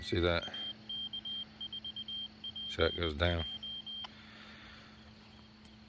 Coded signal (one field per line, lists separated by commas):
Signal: Morse code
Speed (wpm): 20 wpm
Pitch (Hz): 3200 Hz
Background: speech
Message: AK4PJ